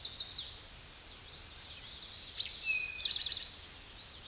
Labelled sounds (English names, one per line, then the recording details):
Eastern Towhee song
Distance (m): 10 m
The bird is about 5 m above the microphone
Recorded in a Pennsylvania forest on 16 May 2024 at 08:29
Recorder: AudioMoth, point MSD-2443
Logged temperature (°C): 16.4 °C
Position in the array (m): 169 m, 189 m